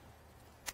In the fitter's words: you need something to click in so can you hear the clicking